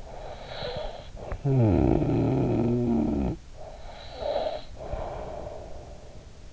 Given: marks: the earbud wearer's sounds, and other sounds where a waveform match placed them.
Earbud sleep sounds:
sounds in sleep by an in-ear microphone; snoring breath
0.10-3.50 s: snoring breath
3.59-6.53 s: snoring breath

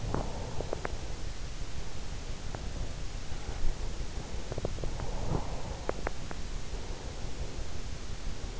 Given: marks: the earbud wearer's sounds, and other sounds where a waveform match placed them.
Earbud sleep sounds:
sounds in sleep by an in-ear microphone; teeth grinding, breath
0.00-1.07 s: teeth grinding
4.32-5.01 s: teeth grinding
5.01-5.88 s: breath
5.88-6.43 s: teeth grinding
6.81-7.71 s: breath

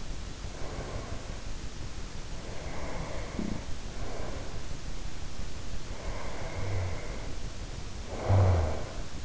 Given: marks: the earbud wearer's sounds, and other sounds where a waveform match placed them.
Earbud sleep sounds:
sounds in sleep by an in-ear microphone; breath, snoring breath
0.35-1.29 s: breath
2.30-4.80 s: breath
5.74-9.25 s: snoring breath

